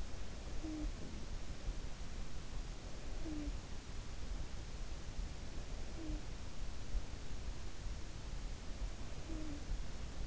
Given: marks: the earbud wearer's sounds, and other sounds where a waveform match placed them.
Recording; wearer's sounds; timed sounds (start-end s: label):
sounds in sleep by an in-ear microphone; talking in sleep
0.00-1.53 s: talking in sleep
2.68-4.13 s: talking in sleep
5.38-7.01 s: talking in sleep
8.55-10.27 s: talking in sleep